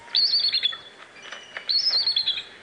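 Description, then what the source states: Bald eagle call, two bursts of high squeaky creaking notes, each starting thin and sharp then sliding lower in a rapid stuttering run. Call likened to a squeaky door.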